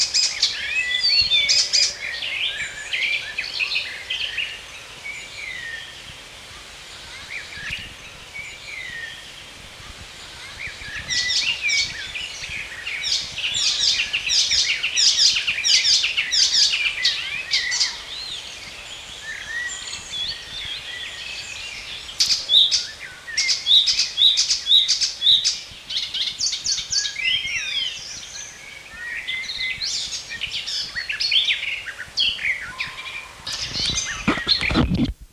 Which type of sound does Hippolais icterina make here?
song